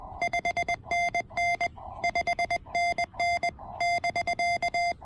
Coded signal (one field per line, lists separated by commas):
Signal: Morse code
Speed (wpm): 20 wpm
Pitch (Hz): 700 Hz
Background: music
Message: 5NN 5NN <BK>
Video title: Amazing QRP POTA fun with my $120 TEN-TEC R4020!